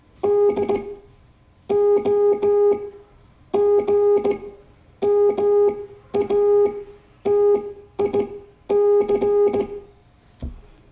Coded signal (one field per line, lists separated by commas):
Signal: Morse code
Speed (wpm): 18 wpm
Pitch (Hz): 410 Hz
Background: none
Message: DOGMATIC